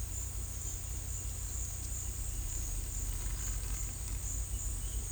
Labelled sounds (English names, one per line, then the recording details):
none
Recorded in pastures near Puerto Asís, Putumayo, Colombia, on 16 December 2024 at 10:30
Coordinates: 0.472, -76.329
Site G072